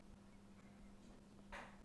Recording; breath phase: one breath near a microphone; inhalation